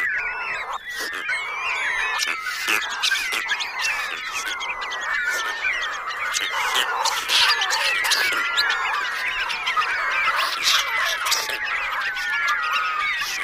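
Bats keep up a long, restless chorus of squeaks and chirps, with frequent sharp clicks and scratchy bursts throughout.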